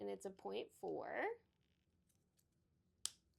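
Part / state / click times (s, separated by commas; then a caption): plastic cap onto marker pen / seated / 3.0 s. Someone talks over the first 1.5 seconds, then a plastic cap is pushed onto a fine-point 0.4 marker pen. It snaps home with a single sharp click at 3.1 s, and the cap is seated with a satisfying click.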